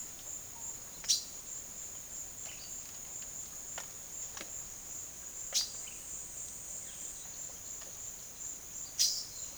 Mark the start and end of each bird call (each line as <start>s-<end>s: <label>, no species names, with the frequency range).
0.96s-1.22s: bird call (2.2-12.3 kHz)
5.43s-5.77s: bird call (2.0-13.7 kHz)
8.88s-9.15s: bird call (2.0-13.6 kHz)